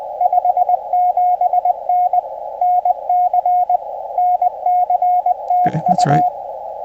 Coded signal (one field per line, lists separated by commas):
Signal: Morse code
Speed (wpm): 22 wpm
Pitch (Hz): 750 Hz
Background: speech, radio noise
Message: 57N NC NC TU